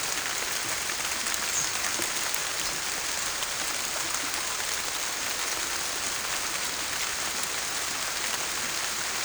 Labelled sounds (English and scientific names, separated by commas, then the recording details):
none
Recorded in secondary vegetation near Puerto Asís, Putumayo, Colombia, on 21 December 2024 at 15:00
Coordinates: 0.489, -76.322
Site G059